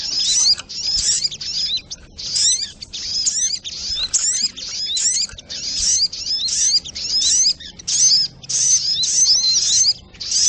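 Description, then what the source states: Brown-throated sunbird singing a long, almost unbroken run of high, scratchy twittering phrases with rapid whistled slides and only brief gaps. Masteran recording for training cage birds, titled Labaik.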